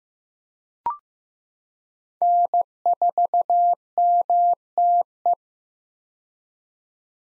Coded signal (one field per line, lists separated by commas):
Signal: Morse code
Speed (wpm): 15 wpm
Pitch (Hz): 700 Hz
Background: none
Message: N4MTE